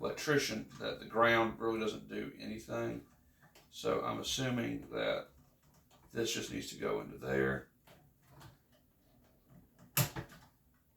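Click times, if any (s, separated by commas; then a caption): 10.0 s. Someone talks while a negative wire lead is pushed into its holder, a hold-down clip. A single sharp click sounds at 10.0 s as the wire terminal snaps into the holder and is seated.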